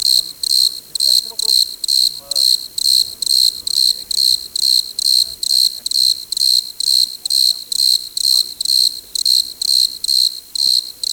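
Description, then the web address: Desert crickets keep up a shrill pulsing chorus roughly twice per second, with faint other notes softly underneath. "Dr Sound Effects. Chorus of Desert Crickets"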